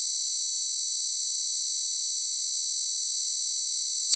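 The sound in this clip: Cicada droning with a constant, hissing high buzz that ends abruptly with a short click.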